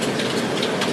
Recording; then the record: background sound without coughing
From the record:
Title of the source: Office Sounds Ambience - Background Noise for Study and Work